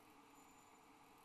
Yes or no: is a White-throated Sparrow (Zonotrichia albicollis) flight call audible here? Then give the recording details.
no. No flight call is heard. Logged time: 04:50 on 8 December 2014